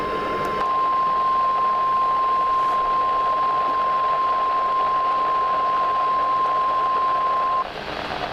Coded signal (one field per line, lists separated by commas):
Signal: Emergency Alert System (SAME) tones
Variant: 1050 Hz attention tone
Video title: 1-10-18 Required Weekly Test (EAS# 13)